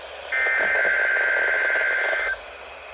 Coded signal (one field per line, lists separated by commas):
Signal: Emergency Alert System (SAME) tones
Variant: header bursts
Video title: EAS 124: NWS Required Weekly Test for the week of September 20, 2021